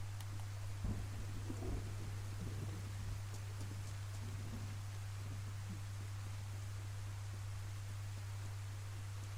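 Steady rain in a video game hisses without a break, a broad, even wash of noise over a constant low hum, with a few faint soft patters near the start and no voices.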